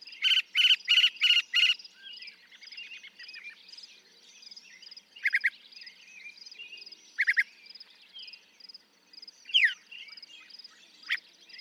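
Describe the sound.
Northern mockingbird song: a loud harsh phrase repeated several times, then buzzy double notes and sweeping whistles, with a faint steady high trill behind.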